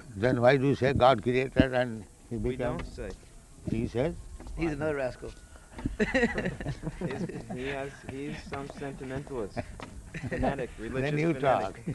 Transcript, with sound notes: Then why do you say, "God created and He became...?"
We don't say.
He said.
He's another rascal. [laughter]
He has... He is some sentimentalist, a fanatic, religious fanatic.